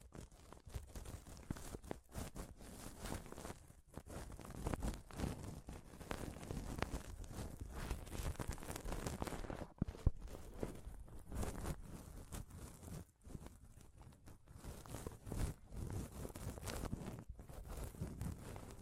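Close-up mic scratching and touching makes a dense, restless rubbing and tapping, heavy in the low end, with brief dropouts near ten and thirteen seconds.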